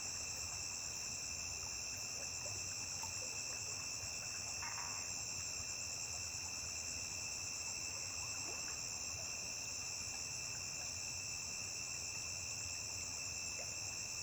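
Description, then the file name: Cricket song, a steady high ringing trill in several continuous bands throughout, with a brief faint rustle about a third of the way in. A single high-pitched cricket singing beside a river. "Grilo agudo isola cantando beira de rio"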